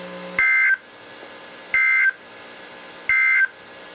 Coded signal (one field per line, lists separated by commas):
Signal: Emergency Alert System (SAME) tones